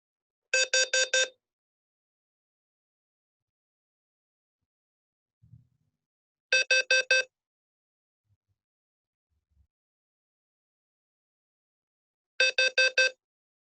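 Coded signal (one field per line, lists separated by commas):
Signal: alarm pattern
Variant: temporal-4 CO alarm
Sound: three bursts of four quick buzzy beeps, separated by long pauses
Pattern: 4 short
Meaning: Carbon monoxide alarm; get out to fresh air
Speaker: i'll play the temporal four code for you and you can hear how that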